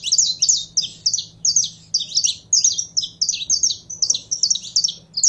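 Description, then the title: Belgian canary pouring out quick, bright chirping phrases, each note sharp and high, closely repeated without real pause, over a low background hum. Song of a purebred Belgian canary. "Canto Do Canário Belga Puro"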